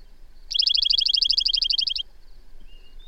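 Bird song: one rapid, evenly pulsed trill of many high notes lasting about a second and a half, followed by a faint thin whistle.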